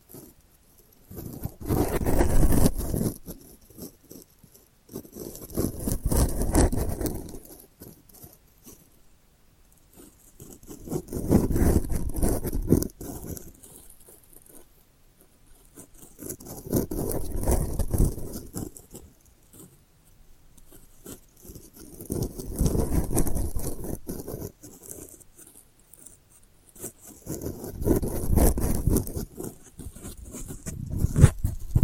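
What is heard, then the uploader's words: Delicate scratching comes in regular bursts about every five seconds, each a dense, crackly patch of low rasping with bright hiss, separated by near-silence. ASMR Delicate Scratching for Sleep (No Talking).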